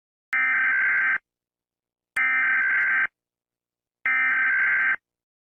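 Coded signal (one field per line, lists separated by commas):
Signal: Emergency Alert System (SAME) tones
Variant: header bursts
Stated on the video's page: Joke Comcast cable Emergency Alert System "bongo-quake" warning.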